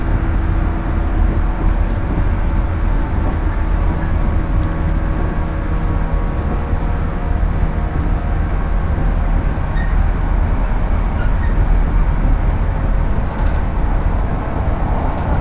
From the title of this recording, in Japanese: しなの鉄道・北陸新幹線 小諸→上田→長野